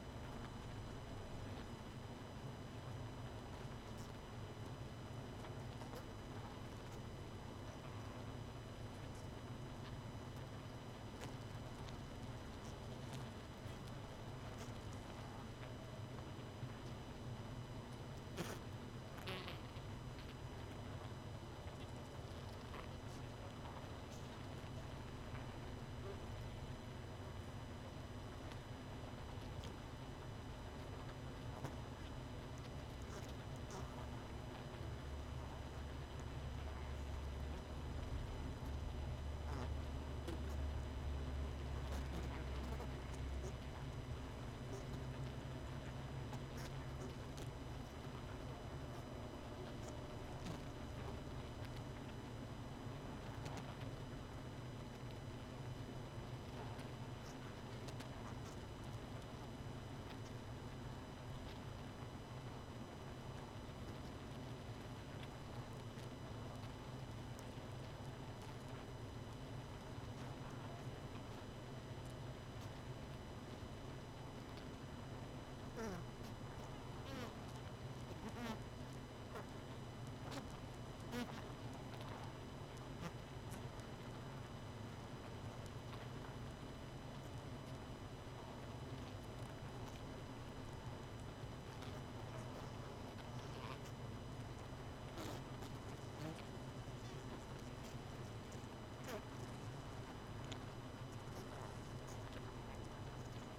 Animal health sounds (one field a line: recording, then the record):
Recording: honeybee colony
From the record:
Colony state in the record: missing queen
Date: 31 May 2018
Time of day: 22:47